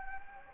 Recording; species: mosquito wingbeat signal from an infrared sensor; Anopheles gambiae